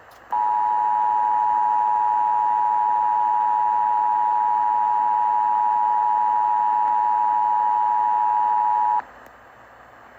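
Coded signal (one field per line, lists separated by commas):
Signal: Emergency Alert System (SAME) tones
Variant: 853 and 960 Hz attention tone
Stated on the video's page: Tornado warning relayed by an AM broadcast station.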